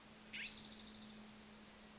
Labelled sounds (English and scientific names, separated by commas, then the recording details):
Spotted Towhee (Pipilo maculatus)
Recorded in Sonoma County, California